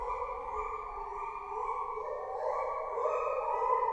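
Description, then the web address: Lar gibbon calls: sustained hooting tones with harmonics, sliding and rising in pitch, growing louder toward the end. Recorded at Debrecen Zoo, 2012, captive animal, with a Marantz recorder and shotgun microphone. "debrecenizoo 2012 feherkezugibbon"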